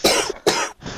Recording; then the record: coughing mixed with background sound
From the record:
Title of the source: 55 gaggy wet cough